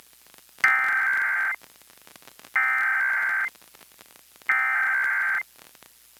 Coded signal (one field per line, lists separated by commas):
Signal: Emergency Alert System (SAME) tones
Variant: header bursts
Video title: EAS #268-271: 4 EAS National Periodic Tests (National EAS Test)- Oct. 3, 2018- 11:20AM PDT